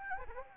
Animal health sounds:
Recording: mosquito wingbeat signal from an infrared sensor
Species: Anopheles gambiae

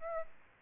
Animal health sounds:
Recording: mosquito wingbeat signal from an infrared sensor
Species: Aedes aegypti

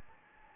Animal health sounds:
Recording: mosquito wingbeat signal from an infrared sensor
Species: Anopheles gambiae

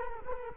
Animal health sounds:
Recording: mosquito wingbeat signal from an infrared sensor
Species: Culex quinquefasciatus

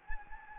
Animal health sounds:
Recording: mosquito wingbeat signal from an infrared sensor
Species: Anopheles gambiae

